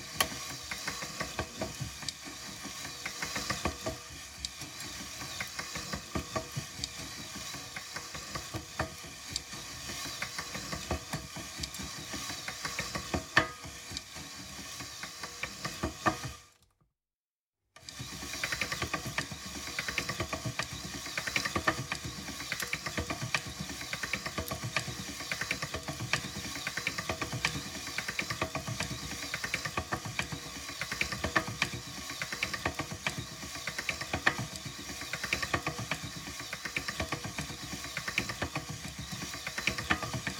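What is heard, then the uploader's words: A pasta machine is cranked, giving a dense, steady run of rattling, clicking mechanical noise with rapid repeated ticks and a faint whine. The cranking stops completely for about a second near the 17-second mark, then resumes with the same busy, uneven grinding to the end. Cranking A Pasta Machine, Different Speeds. Recorded different actions of a pasta machine.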